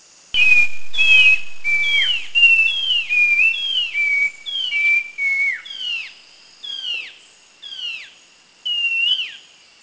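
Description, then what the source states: Streaked wren-babbler giving a series of clear whistled notes, each sliding downward, repeated about a dozen times with short gaps. Bohol, Philippines, 2010.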